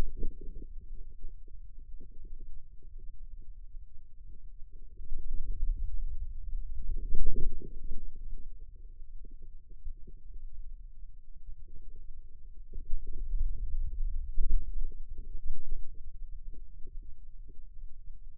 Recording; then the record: forearm muscle sounds (acoustic myography)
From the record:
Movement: wrist extension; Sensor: system 2, bracelet of six BSWA MPA416 microphones around the upper forearm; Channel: 5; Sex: male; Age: 22 years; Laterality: right